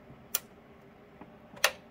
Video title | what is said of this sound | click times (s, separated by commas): HOW TO BUILD A PC MOST IN DEPTH PART 1 (PICKING THE PARTS & BUILDING IT) | when clicking it i'm sure you heard that | 0.4 s, 1.6 s